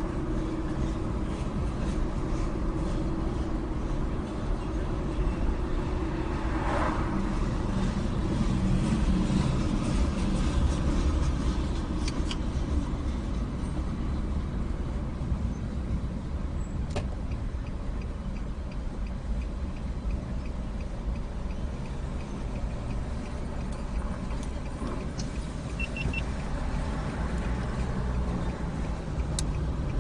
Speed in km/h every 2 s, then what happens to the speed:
37, 39, 39, 37, 35, 32, 27, 19, 6, 0, 0, 0, 0, 0, 19.
0-5 steady at about 39. 5-17 slows to 0. 17-26 standing. 26-30 pulls away to 19.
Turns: none.